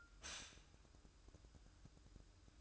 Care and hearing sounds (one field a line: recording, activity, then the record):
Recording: daily activity, microphone in the room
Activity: stop toaster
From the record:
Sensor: 2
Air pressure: 1007.1 hPa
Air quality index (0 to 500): 39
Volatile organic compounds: 1 ppm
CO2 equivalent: 537 ppm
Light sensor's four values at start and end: 6/13/5/5 and 6/13/5/5